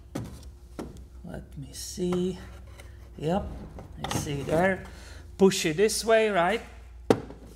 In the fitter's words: you heard it it click and I'm ready to install these 2